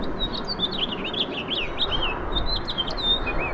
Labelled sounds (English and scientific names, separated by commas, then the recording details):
House Finch (Haemorhous mexicanus) song
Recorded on Long Island, New York, on 20 April 2012
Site GC
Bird B